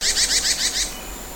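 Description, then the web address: Bird calling with a quick run of about six high, bright chirps in under a second, then quiet. "Sound Effects-Foundation 1 BIRD 04 CALL 01"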